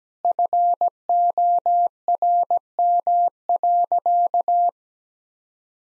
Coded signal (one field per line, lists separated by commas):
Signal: Morse code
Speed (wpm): 17 wpm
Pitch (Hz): 700 Hz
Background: none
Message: FORM.